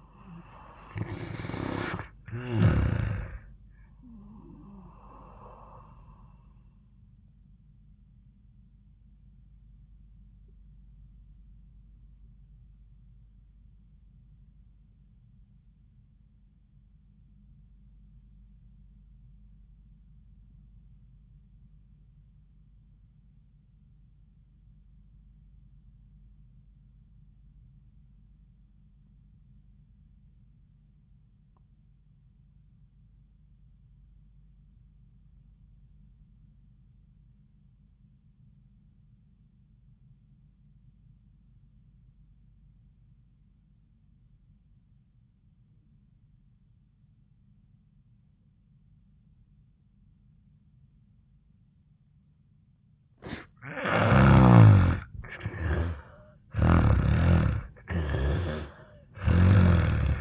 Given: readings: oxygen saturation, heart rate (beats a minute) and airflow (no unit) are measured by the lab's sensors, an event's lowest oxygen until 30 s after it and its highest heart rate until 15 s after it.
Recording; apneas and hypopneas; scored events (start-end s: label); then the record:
breathing in sleep by a smartphone at the bedside; 1
14.00-52.70 s: obstructive apnea (N1, oxygen 98% highest, then 83% lowest, heart rate 74 at the start, 87 highest)
From the record:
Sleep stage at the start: N1 (lightest sleep); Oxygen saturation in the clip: 78 to 98%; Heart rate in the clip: 73 to 85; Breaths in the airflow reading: 5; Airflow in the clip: -5.0 to 2.5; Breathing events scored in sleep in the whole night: 400 in 8.7 hours asleep